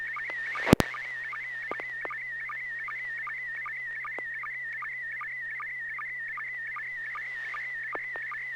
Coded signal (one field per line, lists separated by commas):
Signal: SSTV (slow-scan television)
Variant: PD 50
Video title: N6NA SSTV Net - 09/01/2021